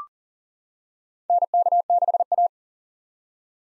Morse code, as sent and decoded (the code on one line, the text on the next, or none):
-. -.- -.... .-
NK6A